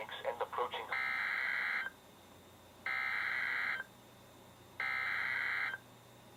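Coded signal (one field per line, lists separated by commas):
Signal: Emergency Alert System (SAME) tones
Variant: header bursts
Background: speech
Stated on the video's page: Flood, flash flood and special marine warnings received from NOAA Weather Radio stations.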